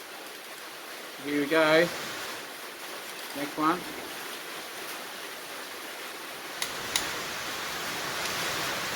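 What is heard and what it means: Someone talks briefly while a click-type torque wrench tightens the next engine bolt on a 283 Chevy engine to 25 ft-lb. Two sharp clicks at 6.6 s and 7.0 s mark the wrench reaching torque, over a steady background hiss.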